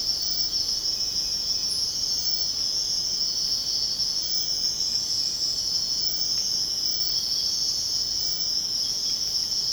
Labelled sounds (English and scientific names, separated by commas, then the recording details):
none
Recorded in secondary vegetation near Puerto Asís, Putumayo, Colombia, on 13 March 2025 at 05:30
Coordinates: 0.485, -76.322
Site G040